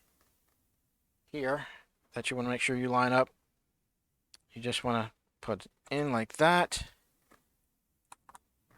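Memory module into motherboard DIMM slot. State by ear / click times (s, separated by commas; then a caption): seated / 8.1 s, 8.3 s. A DDR4 memory module is lined up on its notch and pressed down into a DIMM slot on an ASRock B460 Pro4 motherboard while someone talks. Two sharp clicks at 8.1 s and 8.3 s mark both retention latches snapping shut, and the module is seated.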